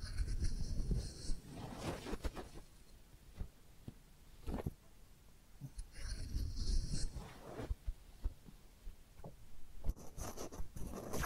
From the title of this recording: Real Head Massage and Ear Cleaning